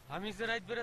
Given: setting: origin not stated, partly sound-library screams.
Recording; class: one-second piece from a danger detection set; normal situation